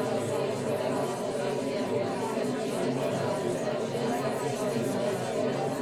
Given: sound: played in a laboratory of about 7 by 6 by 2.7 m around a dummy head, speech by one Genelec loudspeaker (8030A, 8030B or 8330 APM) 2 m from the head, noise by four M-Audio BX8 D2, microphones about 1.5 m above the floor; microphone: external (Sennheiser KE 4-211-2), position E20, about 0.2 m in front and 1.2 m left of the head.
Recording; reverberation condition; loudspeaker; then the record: babble noise; low; four, about 170 cm from the corners of the room and facing them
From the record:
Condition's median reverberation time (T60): about 310 ms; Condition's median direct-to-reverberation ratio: about 3.5 dB